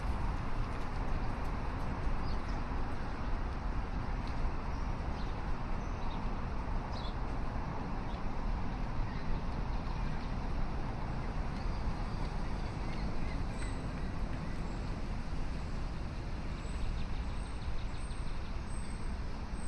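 City sounds on a river walk at sunrise: a thick, steady rumble of traffic fills the whole clip without letting up. Faint, thin chirps surface now and then above it, around two and seven seconds and more often in the last several seconds.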